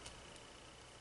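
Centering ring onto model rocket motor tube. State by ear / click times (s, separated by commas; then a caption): not seated / none. A split plastic centering ring is being opened and fitted over a model rocket motor tube, lined up with the motor hook, in a glueless model rocket assembly. Only steady broadband hiss is heard, with a faint tick near 0.1 s and no sharp snap. Nothing has seated or clicked yet.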